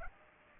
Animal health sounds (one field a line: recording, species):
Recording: mosquito wingbeat signal from an infrared sensor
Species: Aedes aegypti